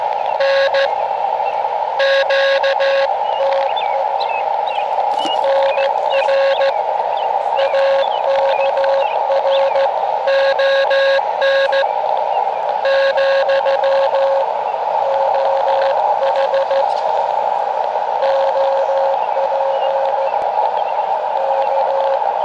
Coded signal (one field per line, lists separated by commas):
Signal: Morse code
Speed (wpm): 15 wpm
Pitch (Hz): 540 Hz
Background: radio noise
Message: N QTE NR AKRON , OH OP K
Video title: Elecraft KX2 Random Wire Antenna | QRP Portable Test